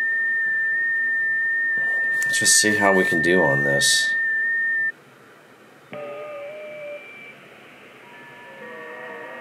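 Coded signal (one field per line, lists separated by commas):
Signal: FT8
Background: speech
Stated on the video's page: FT8 on a QRP Labs QMX QRP transceiver driven by the iOS app iFTx via Lightning-to-USB adapter and USB-C.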